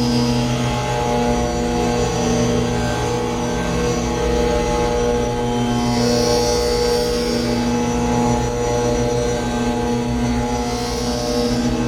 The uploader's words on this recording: Modified Longform Tambura Drone. This is an experimental long form drone from a tambura recording gradually mixed with signal processing of various forms.